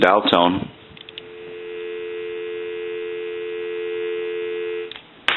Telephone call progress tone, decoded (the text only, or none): dial tone